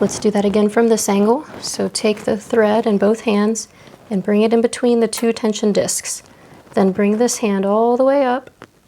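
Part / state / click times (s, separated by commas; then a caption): upper thread into sewing machine tension assembly / not seated / none. Someone talks while threading the upper thread of a White 1409 sewing machine, holding the thread in both hands and bringing it between the two tension discs, then pulling one hand up toward the tension check spring. Nothing has seated or clicked yet; the clip ends just before the thread clicks into the spring.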